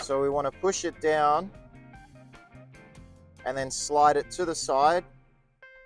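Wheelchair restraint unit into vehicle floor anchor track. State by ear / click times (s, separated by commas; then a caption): not seated / none. A metal wheelchair restraint unit is handled at the floor anchor track of a 2007 Nissan Serena wheelchair accessible vehicle as someone talks, with faint background music and soft knocks near 2.8 s and 5.6 s. The unit is being pushed down and slid sideways toward the track's teeth, but nothing has seated or clicked yet.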